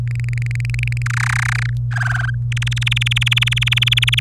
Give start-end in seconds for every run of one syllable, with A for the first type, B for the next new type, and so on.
0.08-1.02 A, 1.06-1.70 B, 1.91-2.30 C, 2.52-4.20 D